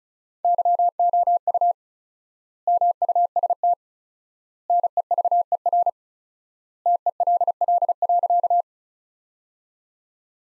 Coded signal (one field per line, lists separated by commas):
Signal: Morse code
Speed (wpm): 36 wpm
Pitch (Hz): 700 Hz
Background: none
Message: YOU MUST NEVER TELL.